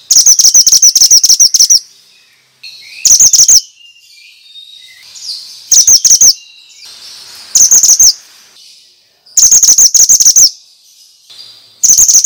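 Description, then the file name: Bird chirping in loud bursts of rapid, very high notes lasting from about half a second to nearly two seconds, separated by softer, varied twitters. Lure recording meant to stimulate stressed birds; sound type called mantenan. "Pancingan Ampuh Burung Stress Suara Mantenan"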